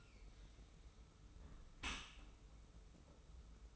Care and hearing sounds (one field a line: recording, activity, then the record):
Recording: daily activity, microphone in the room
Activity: close dishwasher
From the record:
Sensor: 1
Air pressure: 991.3 hPa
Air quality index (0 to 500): 123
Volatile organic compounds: 252 ppm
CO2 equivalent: 4366 ppm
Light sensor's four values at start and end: 41/128/50/52 and 41/128/50/52